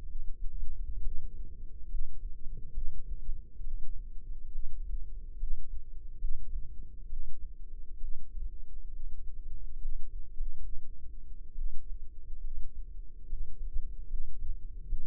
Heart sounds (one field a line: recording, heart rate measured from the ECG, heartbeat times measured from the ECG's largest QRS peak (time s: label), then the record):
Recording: heart sounds by microphone in the left ear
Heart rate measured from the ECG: 69 bpm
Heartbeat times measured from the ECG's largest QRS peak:
0.05 s: heartbeat
1.00 s: heartbeat
1.86 s: heartbeat
2.70 s: heartbeat
3.60 s: heartbeat
4.48 s: heartbeat
5.35 s: heartbeat
6.17 s: heartbeat
7.06 s: heartbeat
7.97 s: heartbeat
8.88 s: heartbeat
9.77 s: heartbeat
10.32 s: heartbeat
11.54 s: heartbeat
12.40 s: heartbeat
13.25 s: heartbeat
14.06 s: heartbeat
14.85 s: heartbeat
From the record:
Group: healthy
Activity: rest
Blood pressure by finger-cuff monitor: 148/84 mmHg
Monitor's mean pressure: 104 mmHg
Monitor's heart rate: 68 bpm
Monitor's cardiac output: 6.1 L/min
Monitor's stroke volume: 91 mL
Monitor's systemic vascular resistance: 1250 dyn s/cm5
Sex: female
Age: 22 years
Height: 171 cm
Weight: 65.6 kg